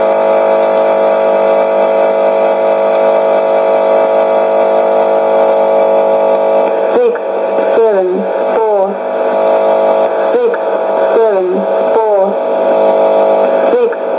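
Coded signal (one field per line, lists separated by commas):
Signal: numbers station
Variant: E17z English Lady, English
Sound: heavy hissy static, then a woman's voice reading short evenly spaced words in groups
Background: radio static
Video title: 21 02 2019 E17z English Lady numbers station in English to Eu 0810 on 9820 unknown tx site CUSB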